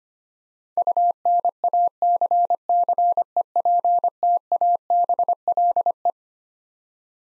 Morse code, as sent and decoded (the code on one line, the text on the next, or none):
..- -. .- -.-. -.-. . .--. - .- -... .-.. .
UNACCEPTABLE